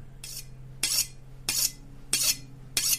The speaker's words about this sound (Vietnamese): Nó cố lắng tai nghe xem âm thanh là gì, phát ra từ đâu, thì con Tâm kinh hãi nhận ra ấy là tiếng mài dao phát ra ở cạnh cửa sổ cái giường nó đang nằm.